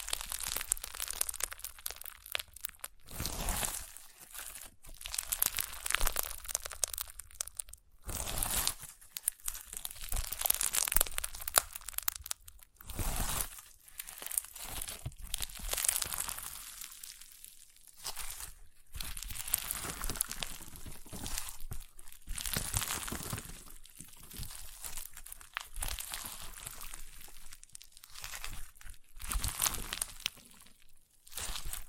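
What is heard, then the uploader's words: Crunchy slime being squeezed and pressed, a dense run of crisp crackling and crinkling bursts with brief pauses, bright and uneven throughout. ASMR Satisfying Crunchy Slime (No Talking).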